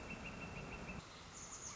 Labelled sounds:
Northern Flicker
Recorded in Sonoma County, California

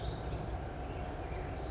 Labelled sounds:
Lazuli Bunting
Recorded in Sonoma County, California

